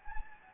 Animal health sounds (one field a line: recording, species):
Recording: mosquito wingbeat signal from an infrared sensor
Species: Anopheles gambiae